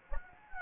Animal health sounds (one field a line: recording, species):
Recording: mosquito wingbeat signal from an infrared sensor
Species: Anopheles gambiae